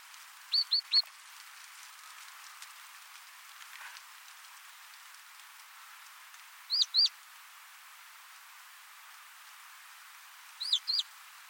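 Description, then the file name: Great tit calls: three short groups of two or three high, sharp notes, several seconds apart over faint background noise. "Parus major"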